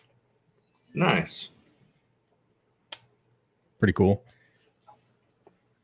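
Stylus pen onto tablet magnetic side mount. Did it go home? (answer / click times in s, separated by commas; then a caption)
yes / 2.9 s. A stylus pen is attached to the magnetic side mount of a tablet, where it sticks magnetically. Someone talks before and after, and a sharp, brief click at 2.9 s marks the pen snapping into place, seated.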